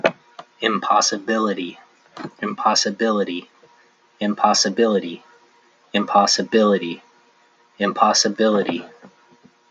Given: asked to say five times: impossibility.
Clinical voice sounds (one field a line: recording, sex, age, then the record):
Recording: repeated word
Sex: male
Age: 40 to 49 years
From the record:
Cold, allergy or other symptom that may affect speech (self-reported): no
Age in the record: 44 years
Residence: Hawaii, United States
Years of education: 12